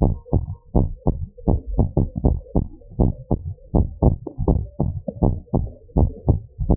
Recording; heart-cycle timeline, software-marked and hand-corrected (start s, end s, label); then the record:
heart sounds
0.00	0.02	diastole
0.02	0.14	S1
0.14	0.34	systole
0.34	0.46	S2
0.46	0.76	diastole
0.76	0.88	S1
0.88	1.08	systole
1.08	1.18	S2
1.18	1.48	diastole
1.48	1.60	S1
1.60	1.80	systole
1.80	1.92	S2
1.92	2.24	diastole
2.24	2.38	S1
2.38	2.64	systole
2.64	2.72	S2
2.72	3.00	diastole
3.00	3.12	S1
3.12	3.38	systole
3.38	3.48	S2
3.48	3.74	diastole
3.74	3.86	S1
3.86	4.04	systole
4.04	4.16	S2
4.16	4.46	diastole
4.46	4.60	S1
4.60	4.86	systole
4.86	4.96	S2
4.96	5.22	diastole
5.22	5.36	S1
5.36	5.60	systole
5.60	5.70	S2
5.70	5.96	diastole
5.96	6.10	S1
6.10	6.30	systole
6.30	6.40	S2
6.40	6.66	diastole
6.66	6.77	S1
From the record:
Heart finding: abnormal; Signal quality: good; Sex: male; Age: 61 years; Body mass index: 29.4